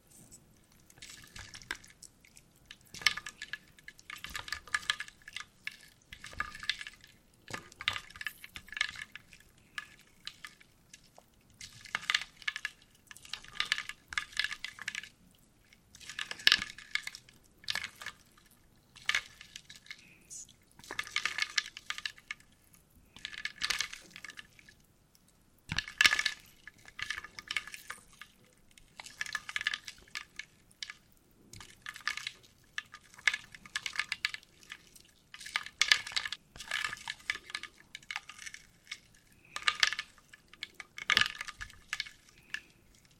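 Wooden soup: short bursts of wet, crackling sloshing recur every couple of seconds throughout, separated by brief quiet gaps.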